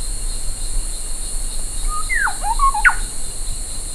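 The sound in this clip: Bird's whistled call: a flat note, then downslurred whistles and a steep rising stroke packed into about a second, over constant hiss.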